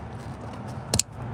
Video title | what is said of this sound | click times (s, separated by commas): Live! 2002 Ford Mustang Cylinder Head Temperature Sensor Replacement! 🚨 | There you go. If you all heard that click, that's what you want, that click. | 0.9 s, 1.0 s